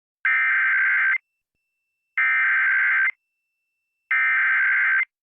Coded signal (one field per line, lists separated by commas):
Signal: Emergency Alert System (SAME) tones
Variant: header bursts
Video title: K-Pop Demon Hunters Rampage - An EAS Scenario (POPULAR)